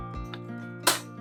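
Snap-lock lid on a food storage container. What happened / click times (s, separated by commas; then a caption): The plastic lid snapped shut onto the container / 0.9 s. After rotating a plastic snap-lock lid on a food storage container because it would not snap at first, someone presses it onto the container over a steady tonal background with a faint tick near 0.3 s. The lid, which has a small seal for air tightness, snaps shut with a sharp, bright click at 0.9 s and is seated.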